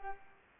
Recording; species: mosquito wingbeat signal from an infrared sensor; Culex pipiens